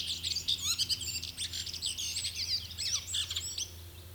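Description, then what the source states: Redwing song: a dense, fast run of squeaky, chirping and scratchy twittered notes. Finland's most common thrush and third most abundant bird there; field recording from Finland.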